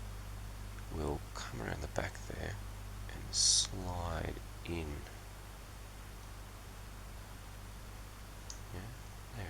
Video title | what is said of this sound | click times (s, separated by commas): Sunstreaker Blokees Construction | It doesn't click, but it it's there. | none